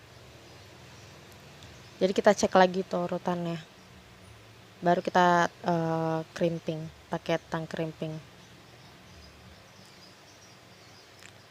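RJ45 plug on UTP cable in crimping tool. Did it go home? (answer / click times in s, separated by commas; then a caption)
yes / 11.3 s. A UTP cable is inserted into a plastic RJ45 plug and squeezed with a crimping tool until the tool clicks, which confirms the plug is crimped. Someone talks from about 2.0 to 8.2 seconds over a low background hiss, and a short, sharp click from the tool is heard at 11.3 seconds.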